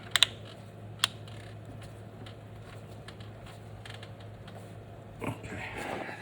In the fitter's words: I think it's all done clicking.